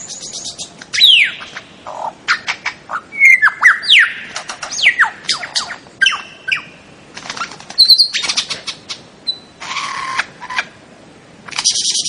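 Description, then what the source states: Bird song with varied whistles, sweeping slurs and rapid chirping notes, delivered in quick lively bursts with short gaps. Melodious voice.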